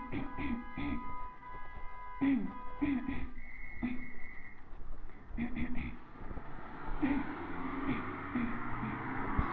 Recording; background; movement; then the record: throat clearing; traffic; walking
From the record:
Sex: female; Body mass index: 22.6 kg/m2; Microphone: on the chest, facing the body